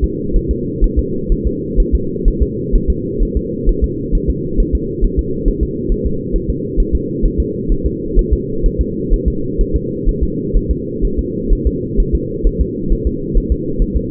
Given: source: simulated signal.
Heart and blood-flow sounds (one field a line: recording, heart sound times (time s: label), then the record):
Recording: fetal heart sounds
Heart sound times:
0.04 s: S2
0.36 s: S1
0.51 s: S2
0.84 s: S1
0.99 s: S2
1.32 s: S1
1.47 s: S2
1.80 s: S1
1.95 s: S2
2.28 s: S1
2.42 s: S2
2.75 s: S1
2.90 s: S2
3.23 s: S1
3.37 s: S2
3.69 s: S1
3.84 s: S2
4.15 s: S1
4.30 s: S2
4.60 s: S1
4.75 s: S2
5.04 s: S1
5.19 s: S2
5.48 s: S1
5.63 s: S2
5.92 s: S1
6.06 s: S2
6.36 s: S1
6.50 s: S2
6.80 s: S1
6.95 s: S2
7.25 s: S1
7.40 s: S2
7.72 s: S1
7.86 s: S2
8.19 s: S1
8.33 s: S2
8.66 s: S1
8.81 s: S2
9.13 s: S1
9.28 s: S2
9.61 s: S1
9.76 s: S2
10.09 s: S1
10.23 s: S2
10.57 s: S1
10.71 s: S2
11.05 s: S1
11.19 s: S2
11.53 s: S1
11.67 s: S2
12.00 s: S1
12.15 s: S2
12.47 s: S1
12.61 s: S2
12.92 s: S1
13.07 s: S2
13.37 s: S1
13.52 s: S2
13.82 s: S1
13.97 s: S2
From the record:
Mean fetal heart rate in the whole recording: 130 bpm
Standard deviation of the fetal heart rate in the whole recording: 4 bpm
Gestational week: 38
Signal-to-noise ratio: -6.6 dB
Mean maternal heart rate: 72 bpm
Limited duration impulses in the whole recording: present